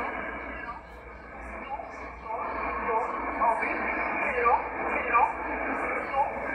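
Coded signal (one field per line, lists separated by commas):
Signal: numbers station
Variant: E11 Oblique, English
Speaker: so this comes from Poland this was a Polish E11 number station that you just heard there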